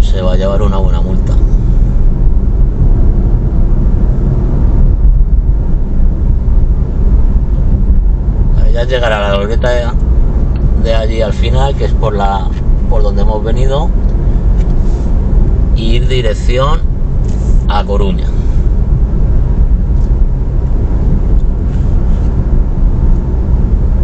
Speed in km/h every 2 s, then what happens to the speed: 44, 48, 49, 48, 48, 46, 46, 46, 45, 45, 48, 49.
0-24 steady at about 46.